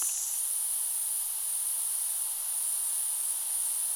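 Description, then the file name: Tibicina haematodes song, a steady unbroken high-pitched buzz holding level throughout with no pauses. "haematodes"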